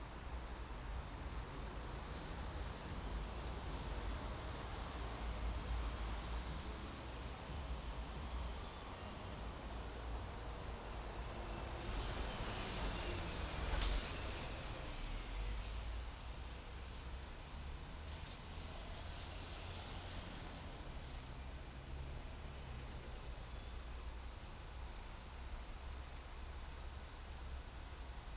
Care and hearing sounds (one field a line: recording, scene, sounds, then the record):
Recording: everyday scene through a hearing-aid microphone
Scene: in traffic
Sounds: traffic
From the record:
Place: main city hub, rush hour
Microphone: in the ear canal, right